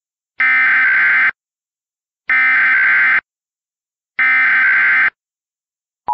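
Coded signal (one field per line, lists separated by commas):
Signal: Emergency Alert System (SAME) tones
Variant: header bursts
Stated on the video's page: Fictional EAS scenario using valid EAS tones.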